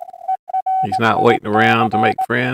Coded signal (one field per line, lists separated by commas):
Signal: Morse code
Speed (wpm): 18 wpm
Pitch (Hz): 750 Hz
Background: speech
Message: ERIC